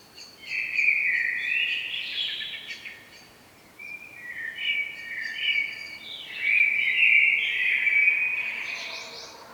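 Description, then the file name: Common blackbird singing three long warbled phrases separated by short pauses. "Turdus merula"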